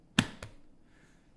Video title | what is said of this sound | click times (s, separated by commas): The perks of buying Audi’s most expensive flagship: Part 2 | screwed to the panel of leather it's very beautiful and it's a very satisfying click when you close it | 0.2 s